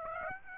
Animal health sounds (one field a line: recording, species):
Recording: mosquito wingbeat signal from an infrared sensor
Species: Aedes aegypti